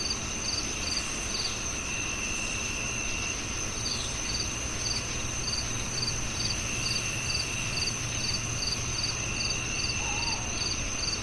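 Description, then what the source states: Crickets chirping in evenly spaced high pulses, with a brief pause early on, over a constant high buzzing drone and a low rumble. At night.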